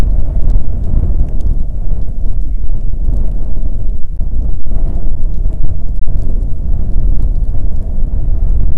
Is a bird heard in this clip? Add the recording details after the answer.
no. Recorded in the Prudhoe Bay oil fields, Alaska, on 5 June 2019 at 00:00. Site 13